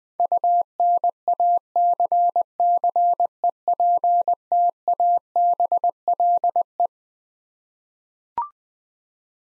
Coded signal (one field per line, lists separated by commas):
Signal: Morse code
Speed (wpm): 20 wpm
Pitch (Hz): 700 Hz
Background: none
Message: UNACCEPTABLE